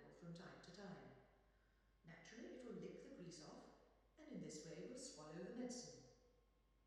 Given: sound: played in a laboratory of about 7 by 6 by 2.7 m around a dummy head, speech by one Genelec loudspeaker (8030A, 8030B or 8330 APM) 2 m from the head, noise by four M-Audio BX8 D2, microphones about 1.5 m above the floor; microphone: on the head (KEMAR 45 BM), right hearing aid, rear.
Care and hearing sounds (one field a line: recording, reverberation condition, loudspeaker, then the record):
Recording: female speech in English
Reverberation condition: high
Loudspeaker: 150 degrees to the left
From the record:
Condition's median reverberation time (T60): about 1300 ms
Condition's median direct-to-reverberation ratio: about -4.0 dB